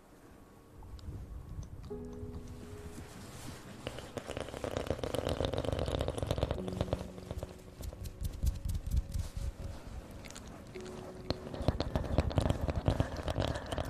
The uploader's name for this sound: Mouth sounds, Ear Blowing & Ear picking